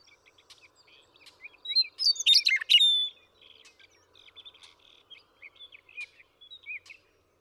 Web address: birdsongforthecurious Western Meadowlark